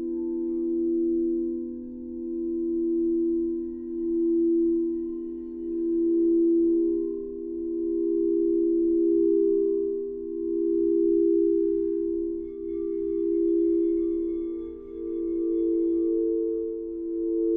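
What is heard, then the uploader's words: Sustained singing-bowl tones hum in a steady low-mid band, layered and slowly beating so the loudness swells and dips every second or two. Faint higher overtones shimmer above, a brighter ring joins around twelve seconds, and a soft low rumble stays underneath throughout. Stress Relieving Sound Bath. This session utilizes various tones and frequencies.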